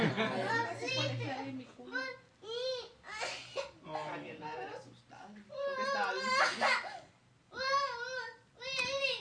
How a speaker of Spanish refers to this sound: Si no donan, seguirá llorando la niña. Solo se me queda viendo y llora, ¿sabes?